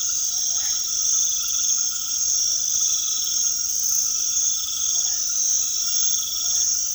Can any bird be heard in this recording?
no